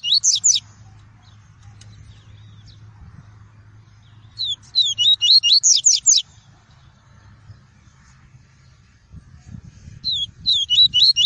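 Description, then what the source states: Double-collared seedeater song: short bursts of several rapid, high whistled notes sliding up and down, repeated about every five seconds over a low hum. Song of the "tui-tui" variety.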